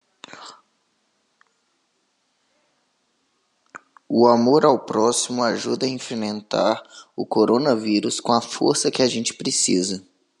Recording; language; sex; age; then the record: spoken sentence; Brazilian Portuguese; male; 20 to 29 years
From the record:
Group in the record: control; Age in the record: 25 years